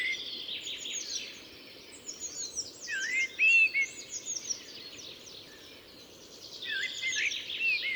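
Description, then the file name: Common blackbird song: warbled whistles mixed with high, squeaky twittering, with a quieter stretch near the end and a steady hiss behind. "Turdus merula"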